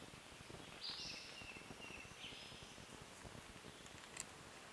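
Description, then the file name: Brown creeper song: a faint, thin, very high phrase of notes falling in pitch, over steady background hiss. Subspecies Certhia americana nigrescens; song. "BRCR SONG - Brown Creeper - Certhia americana nigrescens"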